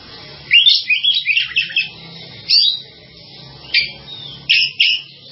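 Bird song of bright, high chirping whistles, first a rapid twittering run and then a few single clear notes.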